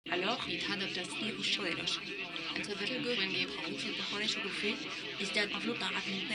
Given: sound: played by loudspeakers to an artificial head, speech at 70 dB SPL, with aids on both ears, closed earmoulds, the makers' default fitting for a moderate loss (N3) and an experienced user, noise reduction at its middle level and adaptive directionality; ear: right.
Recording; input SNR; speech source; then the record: speech test signal (ISTS) in cocktail-party noise; +3 dB; in front (0 degrees)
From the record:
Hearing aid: class 2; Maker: D